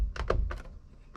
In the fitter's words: Push it down gingerly. You hear it snap.